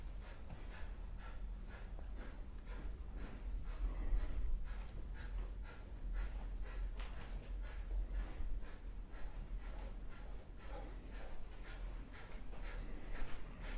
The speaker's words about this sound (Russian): Будем дышать сейчас. Ну вот, тем более. Поехали. Дышим Капалабхати. Дышим. Долго дышим.